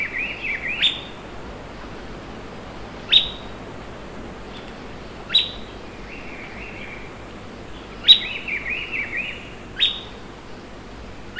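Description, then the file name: Bird calls: several crisp rising chirps at uneven intervals, with lower warbling phrases slipped in between some of them. "SABIOD 50 bird 2015"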